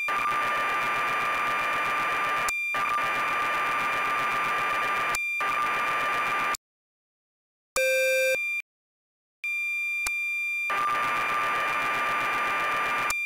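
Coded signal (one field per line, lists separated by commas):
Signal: computer data on cassette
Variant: BBC Micro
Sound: harsh hissy data warble in three blocks with gaps, brief buzzy tone, steady tone, more data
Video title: BBC Micro: Elite by Acornsoft (Loading from tape)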